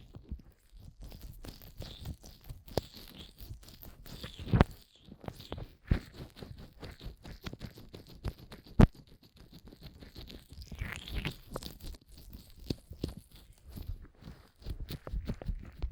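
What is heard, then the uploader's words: Fast ear massage with cream: dense, irregular rubbing and squelching, heavy in the low end with crackly, crunchy texture. Sharp louder pops stand out around 4.5, 6 and 9 seconds, and a faint steady hiss runs underneath. ASMR Fast & Intense Ear Massage wCream (No Talking).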